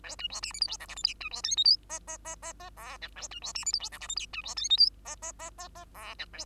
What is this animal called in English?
Bengalese Finch